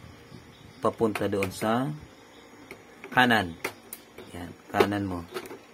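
A replacement paper feeder sensor part for an Epson L3210, L3110, or L3250 inkjet printer is handled at its mount in the printer's paper feed assembly, where it is meant to be pressed to the right until it locks. Someone talks, and a few faint, brief ticks are heard around 2.7 and 3.0 seconds. The part has not seated or clicked into place yet.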